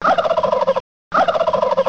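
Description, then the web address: Wild turkey gobbling, a rapid rattling burst of about 0.8 seconds, repeated after a short silence. "turkey"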